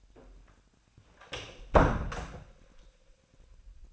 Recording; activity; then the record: daily activity, microphone in the room; close door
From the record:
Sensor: 2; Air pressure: 1009.1 hPa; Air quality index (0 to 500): 182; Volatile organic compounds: 3 ppm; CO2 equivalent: 1320 ppm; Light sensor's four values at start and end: 34/89/38/40 and 34/88/37/40